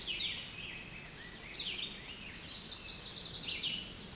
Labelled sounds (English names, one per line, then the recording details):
Red-eyed Vireo song
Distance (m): 15 m
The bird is about level with the microphone
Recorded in a Pennsylvania forest on 16 May 2024 at 08:50
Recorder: AudioMoth, point MSD-0475
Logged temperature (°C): 12.3 °C
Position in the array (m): 142 m, 17 m